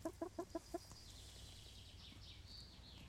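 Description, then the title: Chicken clucking: five quick, evenly spaced clucks in a burst at the start, followed by high chirping and a low background rumble. Chickens in a henhouse making little noises while eating; Laren Gld., July 18th 2015. "Henhouse. Kippenhok (Laren Gld"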